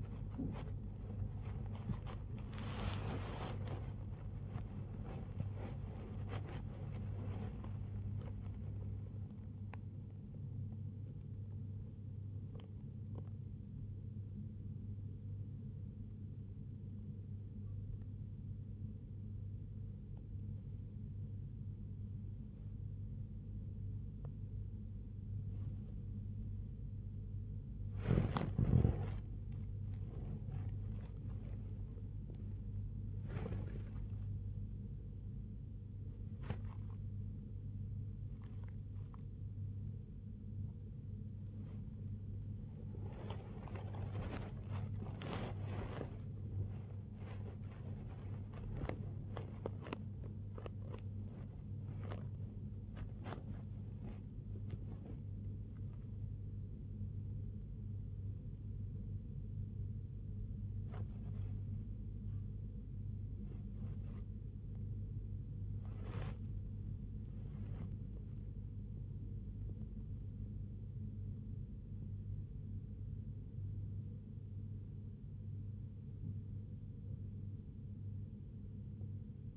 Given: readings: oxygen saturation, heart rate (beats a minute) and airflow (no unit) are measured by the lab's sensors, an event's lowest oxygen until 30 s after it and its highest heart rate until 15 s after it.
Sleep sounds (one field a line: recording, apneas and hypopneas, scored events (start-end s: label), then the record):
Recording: a person awake in a sleep study, by a smartphone at the bedside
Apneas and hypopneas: none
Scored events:
0.00-79.56 s: awake
From the record:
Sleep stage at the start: awake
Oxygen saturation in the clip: 93 to 96%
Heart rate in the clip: 76 to 87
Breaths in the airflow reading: 20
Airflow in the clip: -5.5 to 4.8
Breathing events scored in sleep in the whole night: 158 in 7.3 hours asleep